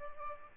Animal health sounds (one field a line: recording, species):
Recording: mosquito wingbeat signal from an infrared sensor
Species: Aedes albopictus